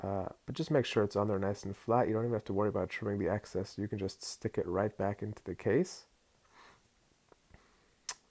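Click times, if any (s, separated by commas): 8.1 s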